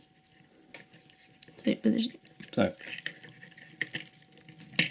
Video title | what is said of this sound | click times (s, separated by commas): Собираем робота акробата - конструктор. | Оп. Встала с одной стороны и, блин, с другой. | 3.8 s, 4.8 s